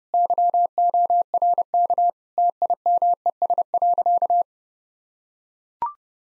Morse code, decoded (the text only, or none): YORK TIMES.